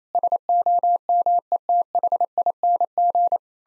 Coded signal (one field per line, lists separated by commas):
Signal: Morse code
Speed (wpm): 28 wpm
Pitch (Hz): 700 Hz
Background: none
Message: SOMETHING